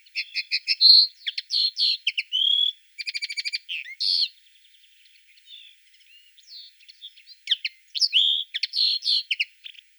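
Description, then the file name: Common linnet song with twittering chirps, a buzzy trill and a thin drawn note, pausing quietly midway before resuming with quick varied chirps. "konoplyanka obyknovennaya golos"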